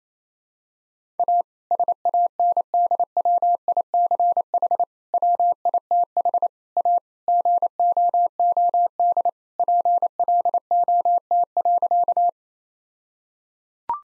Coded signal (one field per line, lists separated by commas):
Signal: Morse code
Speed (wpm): 27 wpm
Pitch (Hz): 700 Hz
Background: none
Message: A SANDWICH WITH A GOOD PLOT.